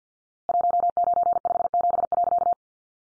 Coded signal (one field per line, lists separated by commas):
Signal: Morse code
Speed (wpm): 50 wpm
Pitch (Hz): 700 Hz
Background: none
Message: 1957.